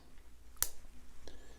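The metal bezel-locking latch on the case of a Tudor PO1 wristwatch is pushed back into its closed position, snapping shut and locking the bezel in place. One sharp, bright click is heard at 0.6 s, followed by a fainter tick at about 1.3 s. The latch is seated.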